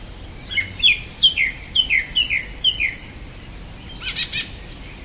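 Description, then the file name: Song thrush song: a down-slurred whistled note repeated several times in steady rhythm, then a brief scratchy burst and a thin high whistle. "Golosa ptic - Pevchij drozd"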